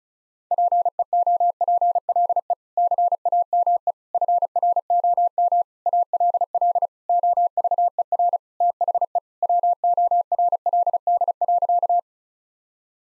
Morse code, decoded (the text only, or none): PEOPLE CAME FROM ALL OVER THE WORLD.